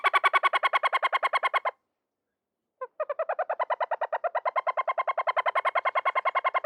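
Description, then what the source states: Pale chanting goshawk delivering a quick series of repeated chirps, a second-long gap with one stray note, then another long even run of piping calls. A high chirp.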